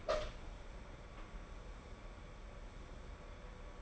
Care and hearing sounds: daily activity, microphone in the room; open door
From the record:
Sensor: 5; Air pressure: 1015.3 hPa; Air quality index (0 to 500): 214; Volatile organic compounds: 12 ppm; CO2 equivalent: 2326 ppm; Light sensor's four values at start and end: 35/80/32/31 and 35/80/32/31

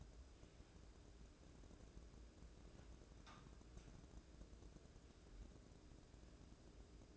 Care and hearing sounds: daily activity, microphone in the room; wipe stove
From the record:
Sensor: 2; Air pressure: 1012.2 hPa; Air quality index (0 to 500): 157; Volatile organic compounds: 2 ppm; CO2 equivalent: 1148 ppm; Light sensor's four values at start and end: 431/1142/425/457 and 433/1144/426/458

